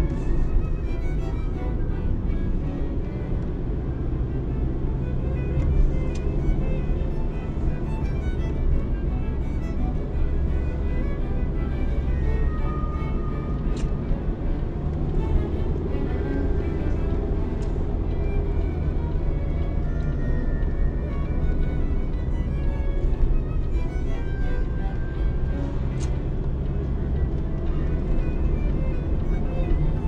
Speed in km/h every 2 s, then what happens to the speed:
44, 44, 51, 57, 54, 53, 53, 60, 66, 62, 53, 49, 47, 54, 56.
2-6 speeds up to 57. 6-12 steady at about 53. 12-16 speeds up to 66. 16-23 slows to 47. 23-30 speeds up to 56.